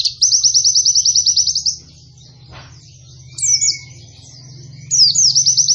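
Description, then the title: White-eye: pleci song, a rapid high rattle of repeated chirps lasting under two seconds, then a thin whistle and a short downslurred phrase leading into a fresh trill. Described as a lively pleci delivering long bursting song with canary-like phrases. "Pleci Gacor. Pleci Nembak Panjang Istimewa Full Kenarian SobekSobek"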